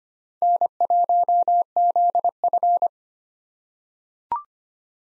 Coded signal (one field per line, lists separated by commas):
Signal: Morse code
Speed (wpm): 25 wpm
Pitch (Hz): 700 Hz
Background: none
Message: N1ZF